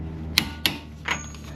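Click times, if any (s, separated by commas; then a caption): 0.4 s. A click-type torque wrench set to about 175–176 ft-lb is pulled on the axle nut of a truck's CV axle and gives a loud, sharp click at 0.4 s. A second sharp hit follows at 0.7 s, then a fainter one around 1.1 s. The wrench has clicked, showing the nut has reached the set torque.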